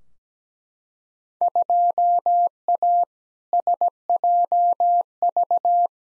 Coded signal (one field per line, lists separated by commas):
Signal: Morse code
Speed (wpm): 17 wpm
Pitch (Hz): 700 Hz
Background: none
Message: 2A SJV